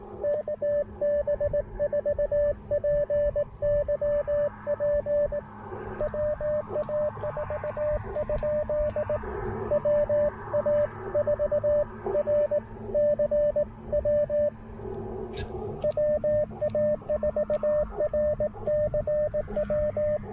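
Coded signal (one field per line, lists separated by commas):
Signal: Morse code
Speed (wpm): 18 wpm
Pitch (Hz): 600 Hz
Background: radio noise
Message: KB4PYP WA4? WA4RCW WA4RCW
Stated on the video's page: POTA portable QRP activation on the Pamlico Sound with Icom IC-705 transceiver and Elecraft AX1 antenna.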